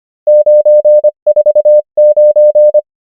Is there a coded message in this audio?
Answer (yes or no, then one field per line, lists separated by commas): yes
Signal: Morse code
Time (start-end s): 0.3-2.8 s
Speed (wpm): 25 wpm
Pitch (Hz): 600 Hz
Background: none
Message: 949